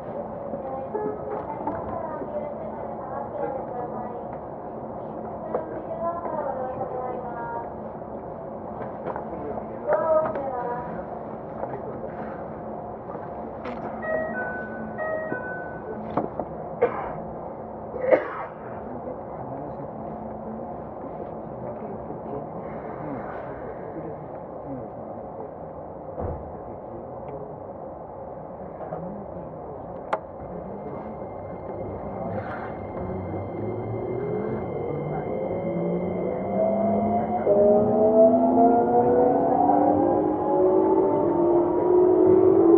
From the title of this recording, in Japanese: 京急2100形 横浜〜三崎口